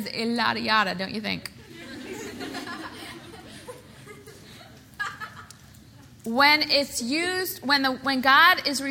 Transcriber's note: laughter